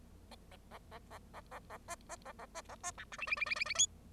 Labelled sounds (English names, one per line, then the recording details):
Bengalese Finch song
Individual Bird0